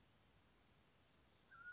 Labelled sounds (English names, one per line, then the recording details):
Mountain Quail
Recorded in Sonoma County, California